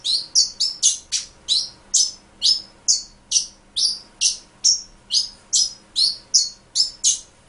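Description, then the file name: Pin-tailed whydah song: a steady run of sharp, high, squeaky chirps, about two per second, continuing without a break. "suara pintailwydah omkicau"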